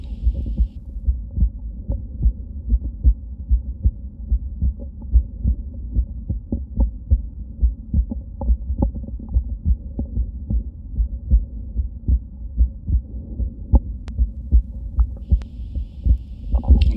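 Steady low heart sounds near 74 per minute in an adult; paradoxically split second sound, a sign of left bundle branch block, which may be intermittent.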